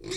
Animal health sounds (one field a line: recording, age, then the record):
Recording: pig call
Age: weaner (32 to 43 days)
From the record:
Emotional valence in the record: negative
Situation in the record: long isolation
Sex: female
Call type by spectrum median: low-frequency call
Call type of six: mixed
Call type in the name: high-frequency modulated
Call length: 0.17 s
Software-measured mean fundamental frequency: 319 Hz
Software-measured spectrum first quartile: 350 Hz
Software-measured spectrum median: 1750 Hz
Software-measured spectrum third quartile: 4660 Hz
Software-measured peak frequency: 365 Hz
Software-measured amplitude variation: 151 dB a second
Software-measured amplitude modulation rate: 26.2 a second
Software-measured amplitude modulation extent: 5.8 dB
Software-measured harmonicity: 4.2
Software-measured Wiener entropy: -3.07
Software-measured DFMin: 1142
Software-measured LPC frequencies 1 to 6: 379, 2199, 3714, 4074, 5060, 5487 Hz